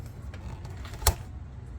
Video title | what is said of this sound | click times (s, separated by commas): Radiator Fan Full Blast Won't Turn Off Even With Car Off. Cadillac Escalade 2015-2020 | You should hear a click on that. That way you know it's nice and tight. | 1.1 s